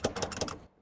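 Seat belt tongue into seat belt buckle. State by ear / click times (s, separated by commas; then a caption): not seated / none. On a Ford F-550 with a pass-through rear seat delete, the metal tongue of the driver's-side seat belt is pushed several times into a buckle that was shifted over with the modified seat. A quick series of rattly metallic taps is heard at about 0.1, 0.2, 0.4 and 0.5 seconds, then it fades. The tongue does not latch and nothing has clicked yet.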